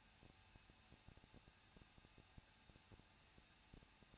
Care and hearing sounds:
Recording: daily activity, microphone in the room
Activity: no activity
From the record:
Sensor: 2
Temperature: 21.0 degrees Celsius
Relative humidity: 37.5%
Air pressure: 1006.2 hPa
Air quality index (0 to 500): 222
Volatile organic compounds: 24 ppm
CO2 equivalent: 2821 ppm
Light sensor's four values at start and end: 2/3/2/2 and 2/3/2/2

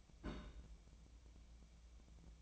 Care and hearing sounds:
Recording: daily activity, microphone in the room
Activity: place on stove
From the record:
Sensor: 1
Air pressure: 1000.0 hPa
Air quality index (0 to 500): 134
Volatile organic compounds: 2 ppm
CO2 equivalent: 1272 ppm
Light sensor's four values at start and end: 42/107/45/56 and 42/107/45/56

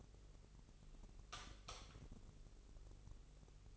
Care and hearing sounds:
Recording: daily activity, microphone in the room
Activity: light off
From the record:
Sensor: 4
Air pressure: 996.1 hPa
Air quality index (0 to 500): 69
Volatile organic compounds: 2 ppm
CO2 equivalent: 1253 ppm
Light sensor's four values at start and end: 17/45/17/18 and 14/33/13/13

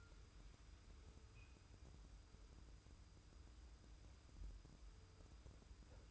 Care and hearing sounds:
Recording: daily activity, microphone in the room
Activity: wipe stove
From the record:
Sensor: 2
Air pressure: 990.3 hPa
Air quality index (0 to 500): 201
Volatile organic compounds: 1000 ppm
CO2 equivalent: 6432 ppm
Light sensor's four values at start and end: 32/76/31/31 and 32/76/31/31

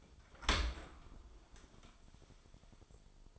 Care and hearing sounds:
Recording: daily activity, microphone in the room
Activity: open dishwasher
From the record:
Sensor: 5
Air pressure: 1003.2 hPa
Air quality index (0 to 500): 136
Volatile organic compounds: 2 ppm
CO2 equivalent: 995 ppm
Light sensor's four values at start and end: 82/200/82/93 and 75/181/75/84

